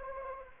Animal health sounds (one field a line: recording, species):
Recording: mosquito wingbeat signal from an infrared sensor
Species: Anopheles arabiensis